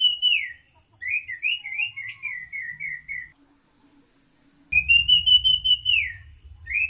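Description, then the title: Orange-headed thrush delivering a long chain of fluty, rolling whistled notes, then a pause and another phrase, a light low rumble in the background. "Burung Anis Merah"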